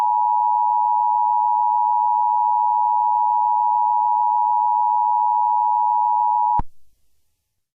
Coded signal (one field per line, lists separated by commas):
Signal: Emergency Alert System (SAME) tones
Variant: 853 and 960 Hz attention tone